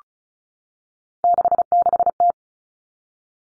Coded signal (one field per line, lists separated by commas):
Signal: Morse code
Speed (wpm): 34 wpm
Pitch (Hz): 700 Hz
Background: none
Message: 66T